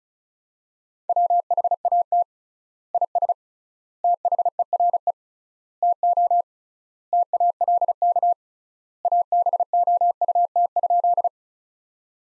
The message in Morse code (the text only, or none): WHAT IS THERE TO TALK ABOUT?